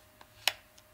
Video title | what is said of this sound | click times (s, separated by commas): Leica M-Adapter L for Leica SL2 and SL2-S | and just like any other lens it just clicks into place | 0.5 s